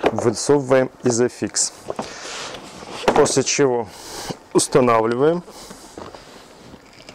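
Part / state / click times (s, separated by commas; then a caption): child car seat isofix connector onto vehicle isofix anchor / not seated / none. Someone talks while the extended isofix connectors of a Takata Maxi child car seat, for ages 3 to 12, are pushed toward the car's isofix anchor points, with two brief sharp sounds near 6.0 and 7.1 seconds. Nothing has latched or clicked yet.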